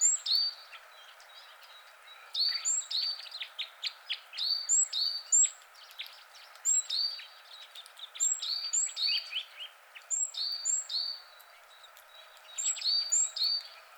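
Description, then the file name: Great tit song: ringing two-note phrases, a high clear note dropping to a lower one, given in several bursts. "Parus major"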